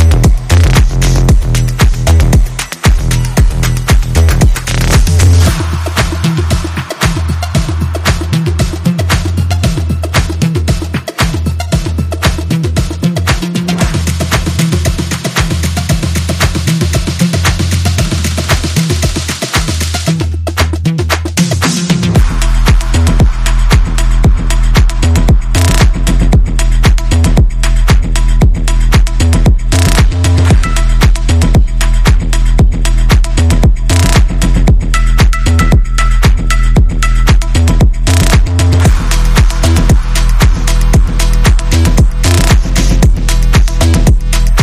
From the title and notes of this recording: GEA Bake Depositor MO. Dosing machine for cake production.